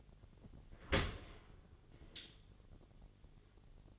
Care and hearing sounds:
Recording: daily activity, microphone in the room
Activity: open dishwasher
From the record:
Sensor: 4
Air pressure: 1007.5 hPa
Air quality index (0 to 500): 201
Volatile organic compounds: 7 ppm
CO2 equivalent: 2002 ppm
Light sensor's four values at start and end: 22/70/26/26 and 22/70/26/26

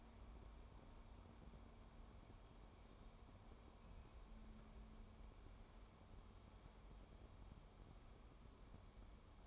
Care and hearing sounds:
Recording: daily activity, microphone in the room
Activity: wipe stove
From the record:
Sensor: 1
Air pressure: 1015.1 hPa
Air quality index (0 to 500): 67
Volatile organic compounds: 1 ppm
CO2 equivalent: 864 ppm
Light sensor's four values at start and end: 14/32/13/15 and 14/32/13/15

